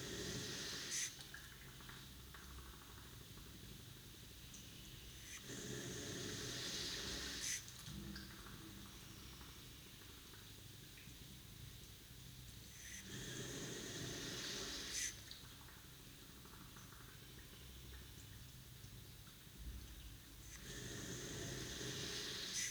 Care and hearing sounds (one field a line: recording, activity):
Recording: daily activity, guitar pickup as the sensor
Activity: flush